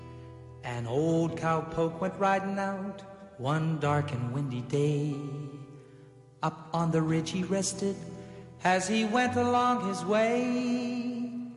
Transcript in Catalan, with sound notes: An old cow poke went riding
out one dark and windy day, (echo)
- Up on the ridge he rested,
- As he went along his way,